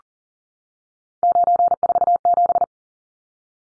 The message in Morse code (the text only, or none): 947